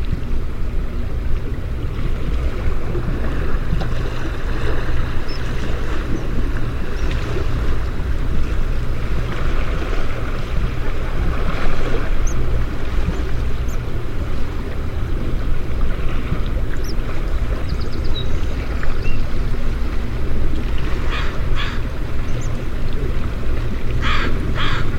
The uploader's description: birds chirping, leaves rustling, and water flowing